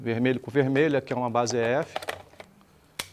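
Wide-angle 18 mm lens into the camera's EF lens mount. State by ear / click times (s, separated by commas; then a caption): seated / 3.0 s. A wide-angle 18 mm lens is lined up red dot to red dot with a camera's EF lens mount and twisted in while someone talks. After a few faint handling sounds, a sharp click at 3.0 s marks the lens locking into the mount, seated.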